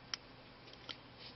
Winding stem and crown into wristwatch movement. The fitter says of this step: sure it clicks and